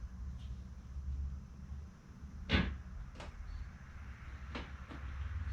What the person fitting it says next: There it goes. Okay, so now that's snapped into place.